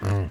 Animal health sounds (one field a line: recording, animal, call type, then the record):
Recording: contact call of a hoofed animal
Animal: wild boar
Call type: grunt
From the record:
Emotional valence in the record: positive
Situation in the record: food anticipation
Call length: 0.31 s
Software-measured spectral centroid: 1850 Hz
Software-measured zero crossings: 750 a second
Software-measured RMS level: -24 dBFS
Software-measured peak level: -16 dBFS